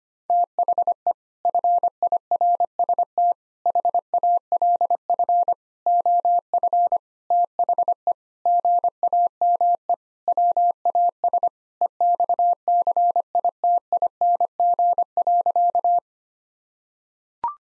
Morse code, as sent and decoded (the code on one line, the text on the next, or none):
- .... . / ..-. .. .-. ... - / .... .- .-.. ..-. / --- ..-. / - .... . / --. .- -- . / .-- .- ... / . -..- -.-. .. - .. -. --. .-.-.-
THE FIRST HALF OF THE GAME WAS EXCITING.